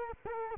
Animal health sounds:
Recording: mosquito wingbeat signal from an infrared sensor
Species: Culex quinquefasciatus

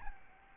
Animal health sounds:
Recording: mosquito wingbeat signal from an infrared sensor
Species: Aedes albopictus

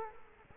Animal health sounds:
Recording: mosquito wingbeat signal from an infrared sensor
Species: Culex quinquefasciatus

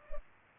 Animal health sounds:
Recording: mosquito wingbeat signal from an infrared sensor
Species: Culex pipiens

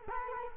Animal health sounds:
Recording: mosquito wingbeat signal from an infrared sensor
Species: Culex quinquefasciatus

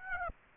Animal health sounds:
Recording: mosquito wingbeat signal from an infrared sensor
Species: Aedes aegypti

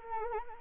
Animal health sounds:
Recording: mosquito wingbeat signal from an infrared sensor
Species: Anopheles arabiensis

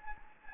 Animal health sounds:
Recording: mosquito wingbeat signal from an infrared sensor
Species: Anopheles gambiae

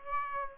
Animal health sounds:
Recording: mosquito wingbeat signal from an infrared sensor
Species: Aedes aegypti

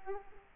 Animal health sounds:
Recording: mosquito wingbeat signal from an infrared sensor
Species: Culex quinquefasciatus

